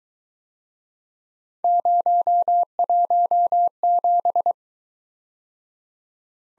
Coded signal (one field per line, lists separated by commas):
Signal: Morse code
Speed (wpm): 22 wpm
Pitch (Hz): 700 Hz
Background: none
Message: 017